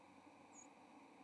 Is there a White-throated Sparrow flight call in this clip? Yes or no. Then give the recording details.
no. Another species' flight call is heard. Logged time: 08:08 on 30 October 2014